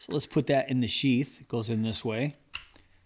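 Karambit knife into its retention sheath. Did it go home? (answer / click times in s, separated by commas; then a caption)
yes / 2.6 s. Someone talks as a Fox Knives Tribal K fixed-blade karambit knife is pushed into its molded plastic retention sheath. It snaps into place with a sharp click at 2.6 s, followed by a fainter tick, and the knife is seated.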